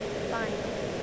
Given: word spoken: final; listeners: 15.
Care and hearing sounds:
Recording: one English word in noise, from a listening test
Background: speech-shaped noise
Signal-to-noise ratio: -6.0 dB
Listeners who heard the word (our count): 1 of 15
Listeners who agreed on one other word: 9 of 15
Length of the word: 0.63 s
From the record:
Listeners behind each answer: 9, 2, 1, 1, 1, 1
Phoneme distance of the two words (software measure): 10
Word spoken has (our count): 2 syllables, 4 phonemes, stress on syllable 1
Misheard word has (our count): 1 syllable, 4 phonemes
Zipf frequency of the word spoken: 5.46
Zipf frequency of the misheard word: 5.89

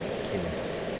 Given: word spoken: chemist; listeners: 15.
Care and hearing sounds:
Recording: one English word in noise, from a listening test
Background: speech-shaped noise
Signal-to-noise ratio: -5.2 dB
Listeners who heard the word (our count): 0 of 15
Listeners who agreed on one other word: 6 of 15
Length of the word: 0.59 s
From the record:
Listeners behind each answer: 6, 3, 2, 1, 1, 1, 1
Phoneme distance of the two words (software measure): 21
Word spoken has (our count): 2 syllables, 6 phonemes, stress on syllable 1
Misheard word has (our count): 1 syllable, 3 phonemes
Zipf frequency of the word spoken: 3.54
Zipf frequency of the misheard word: 4.65

